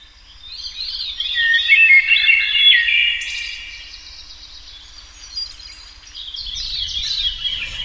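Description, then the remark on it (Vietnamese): A nightingale by a window sings a clear, high, warbling song of rapid trills and sliding whistles, loud and continuous with a brief pause before resuming, with a low rumble underneath. “Bỗng nhiên, một tiếng chim họa mi thánh thót vút lên bên cửa sổ.”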